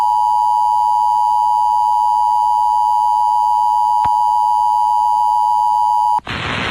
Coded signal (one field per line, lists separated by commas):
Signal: Emergency Alert System (SAME) tones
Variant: 853 and 960 Hz attention tone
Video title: Okanogan EAS Alert: Required Monthly Test (09/04/2023)